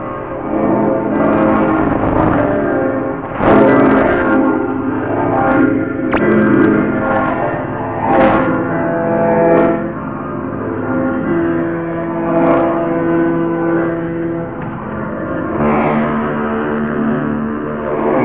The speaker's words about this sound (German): Die Glocken vom Hamburger Michel und viele wissen, das ist das Zeichen.